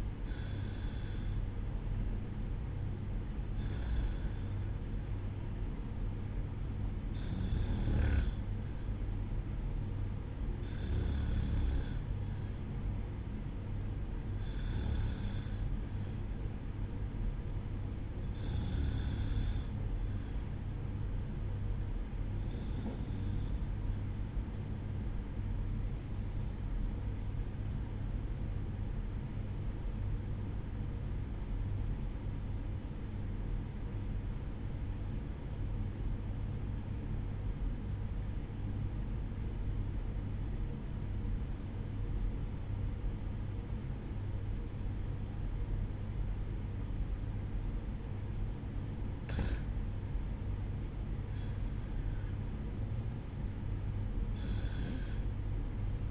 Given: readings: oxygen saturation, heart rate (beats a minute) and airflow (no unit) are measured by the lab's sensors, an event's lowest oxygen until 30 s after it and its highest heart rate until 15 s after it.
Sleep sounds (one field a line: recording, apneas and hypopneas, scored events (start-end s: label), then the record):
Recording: breathing in sleep by a smartphone at the bedside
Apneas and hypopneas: 1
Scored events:
23.00-48.40 s: obstructive apnea (REM, oxygen 96% highest, then 94% lowest, heart rate 61 at the start, 63 highest)
From the record:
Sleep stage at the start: REM sleep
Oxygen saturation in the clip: 93 to 96%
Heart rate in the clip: 61 to 65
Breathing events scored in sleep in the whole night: 305 in 9.6 hours asleep